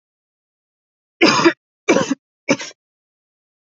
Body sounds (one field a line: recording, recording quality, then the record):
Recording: shallow voluntary cough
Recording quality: excellent, no background noise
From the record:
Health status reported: healthy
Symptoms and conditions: fever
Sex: female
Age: 20 years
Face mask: not worn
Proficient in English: yes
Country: India